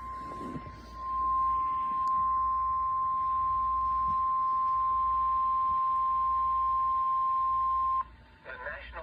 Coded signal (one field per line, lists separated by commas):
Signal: Emergency Alert System (SAME) tones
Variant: 1050 Hz attention tone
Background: speech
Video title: [EAS] Severe Thunderstorm Warning 6/14/24